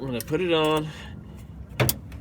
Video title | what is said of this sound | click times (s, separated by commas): Ep.12 - 1998 Ford Expedition 4.6L P0171/P0174 Fuel Filter & PCV Replacement | got that nice click sound you want to make sure it's on there | 1.8 s, 1.9 s